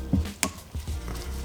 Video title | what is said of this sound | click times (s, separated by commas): Toyota W56 Manual Transmission Rebuild: Complete Reassembly - 4Runner & Pickup 22RE | got a nice little click there | 0.4 s